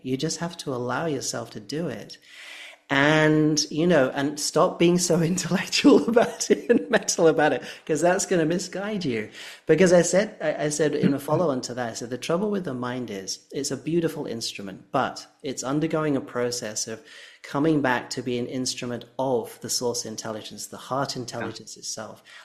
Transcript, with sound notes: You just have to allow yourself to do it.And, you know, and stop being so intellectual about it, (laughs) and mental about it. 'Cause that's gonna misguide you. Because I said, I, I said, in a follow-on to that, I said the trouble with the mind is, it's a beautiful instrument. But, it's undergoing a process of coming back to being an instrument of the source intelligence, the heart intelligence itself.